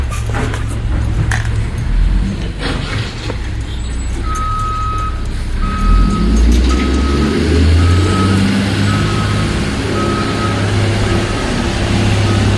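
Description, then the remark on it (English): A garbage truck's backup alarm beeps steadily, a single mid-pitched tone repeating about once a second, over the loud, continuous rumble of its diesel engine as it backs up along a narrow road. “They have to, what they're doing is they actually have to back up.”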